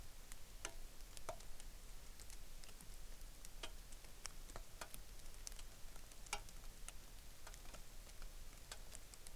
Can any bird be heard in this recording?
no